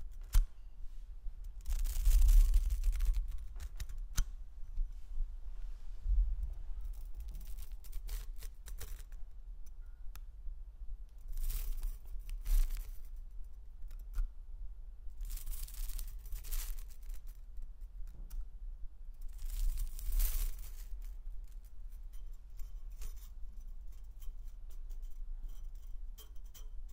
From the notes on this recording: found a metal toy and played with it